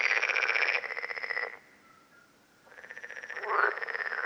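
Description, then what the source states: Common parsley frog calling, loud rapid pulsed grating croaks, a brief quiet gap in the middle before the rattling calls resume with a rising creaky note. Several frogs calling at Lerouville, Lorraine, France, on 5 June 2022.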